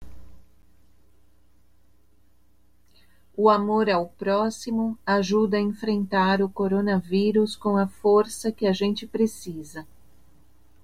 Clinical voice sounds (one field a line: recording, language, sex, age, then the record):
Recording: spoken sentence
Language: Brazilian Portuguese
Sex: female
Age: 50 to 59 years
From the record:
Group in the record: control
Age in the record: 56 years